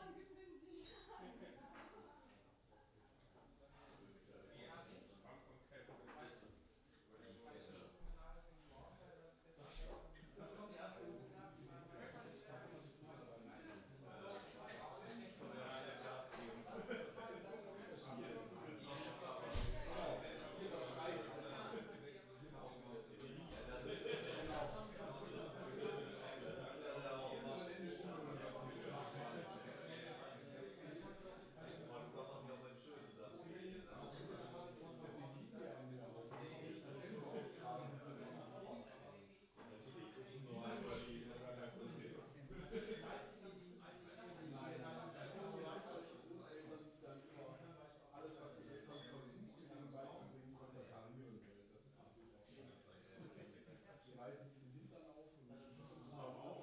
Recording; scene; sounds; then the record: everyday scene through a hearing-aid microphone; many people talking; many voices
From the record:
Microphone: in the ear canal, left